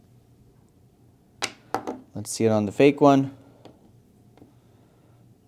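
A genuine Apple AirPods Pro 2 charging case is placed on a magnetic wireless charger and snaps on with a sharp click at 1.7 s, in contrast to a fake case that gives no click. The case is seated, and someone talks afterward.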